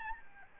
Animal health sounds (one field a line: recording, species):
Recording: mosquito wingbeat signal from an infrared sensor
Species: Aedes albopictus